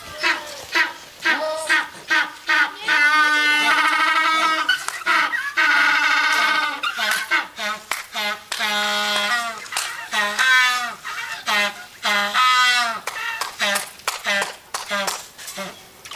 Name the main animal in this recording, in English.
African Penguin